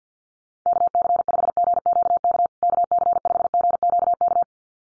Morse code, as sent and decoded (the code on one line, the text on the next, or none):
-.- -.-. ..... --. --.- -.- / -.- -.-. ..... --. --.- -.-
KC5GQK KC5GQK